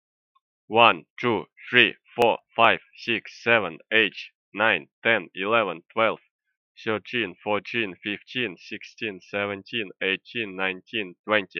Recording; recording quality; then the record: counting at a fast pace; excellent, no background noise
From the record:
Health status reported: exposed to COVID-19, no respiratory illness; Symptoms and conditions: cough, fever, fatigue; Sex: male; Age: 35 years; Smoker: no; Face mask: not worn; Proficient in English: yes